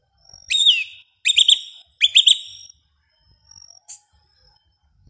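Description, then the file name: Yellow-legged thrush song of three short bright whistled phrases about a second apart, followed by a thin high drawn-out note. "Canto do sabia una"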